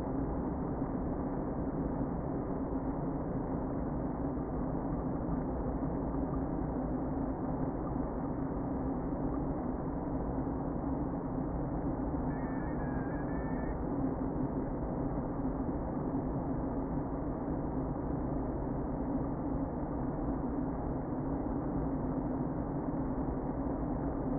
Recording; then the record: honeybee colony, microphone inside the hive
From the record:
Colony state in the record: queen present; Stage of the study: before two queens were removed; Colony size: about 60,000 bees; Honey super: yes